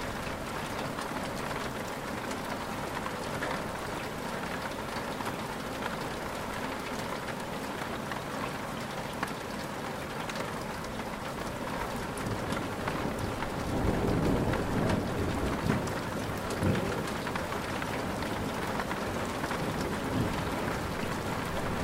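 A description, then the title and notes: Rain patters steadily on a rooftop, a dense, even hiss with countless fine drops ticking across it. Around the middle, from roughly 13 to 17 seconds, a low rumble of distant thunder swells beneath the rain before it settles back to the constant downpour. Rain On Roof And Thunderstorm Ambience | Cozy Night Sounds. Sit back, unwind, and enjoy the relaxing pitter-patter of rain falling on an ancient house's rooftop.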